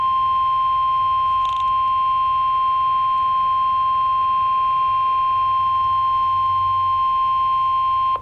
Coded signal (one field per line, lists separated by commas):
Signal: Emergency Alert System (SAME) tones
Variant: 1050 Hz attention tone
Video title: EAS #44 - Severe Thunderstorm Warning Jackson AL, Franklin TN